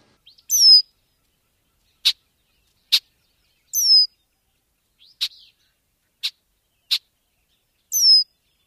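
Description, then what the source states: Red-winged Blackbird giving sharp, clipped check notes at irregular intervals, mixed with a few higher slurred whistles, in an otherwise quiet setting. A less common call of the species, a distinctive matter-of-fact check, check, fairly easy to recognize.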